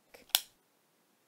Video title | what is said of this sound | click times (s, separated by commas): Information on URIS Group B health care needs for bus drivers | firmly press the orange tip into the outer middle thigh until you hear it click | 0.3 s